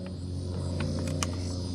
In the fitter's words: let's go ahead and push the whole assembly in and make sure you hear click.